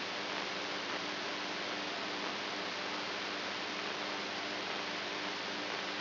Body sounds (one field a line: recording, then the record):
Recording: brain microelectrode recording played as sound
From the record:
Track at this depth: outside the subthalamic nucleus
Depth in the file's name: 7.105 mm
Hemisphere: right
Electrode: 2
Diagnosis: Parkinson's disease